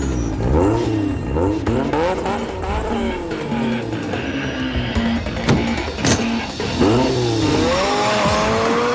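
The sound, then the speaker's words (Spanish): A race car engine revs hard at the start of a race, its pitch climbing and falling in repeated sweeping surges, loud and continuous, with tire squeal and skidding mixed in. “Va a dar inicio la carrera.”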